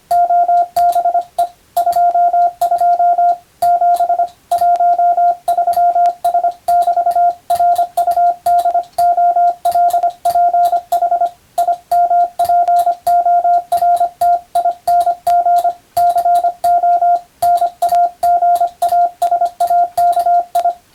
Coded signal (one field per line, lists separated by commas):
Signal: Morse code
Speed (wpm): 25 wpm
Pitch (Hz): 700 Hz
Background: radio noise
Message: OBE 22 7 13S<BT>RUDOLPH IMPORTING CO NAGASAKI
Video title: 2022年令和4年最後の日にモールスを聞いて短波通信ＢＣＬが全盛だった時代を思い出そう！スマホ時代の今でも行われているモールス電気通信術の国家試験の練習風景です。morse code parctice